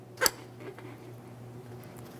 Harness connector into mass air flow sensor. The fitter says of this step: go ahead and take that and slide it into position listen for a click